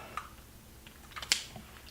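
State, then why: Seated. A luxury lipstick's cap is closed onto its tube; it has to be lined up the right way to click in. A few faint ticks lead up to a sharp click at 1.3 s as the cap seats, and there is no talking.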